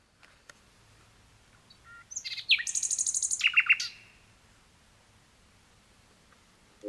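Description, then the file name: Common Nightingale song: a few sharp high notes, then a fast buzzy rattle of repeated notes, followed by quiet. "Nightingale"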